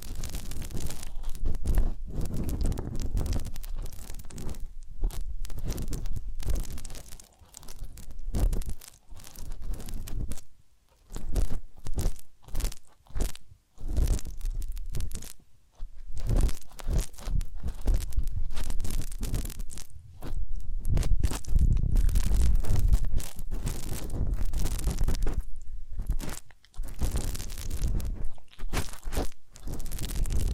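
Massage and ear cleaning sounds: dense, irregular crunching and rubbing in quick bursts, with brief quiet gaps near 8, 11 and 15 seconds.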